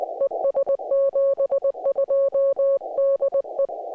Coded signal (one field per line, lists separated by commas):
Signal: Morse code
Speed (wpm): 19 wpm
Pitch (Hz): 560 Hz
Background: music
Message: ES 72 DE